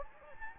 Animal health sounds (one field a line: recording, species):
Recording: mosquito wingbeat signal from an infrared sensor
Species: Anopheles gambiae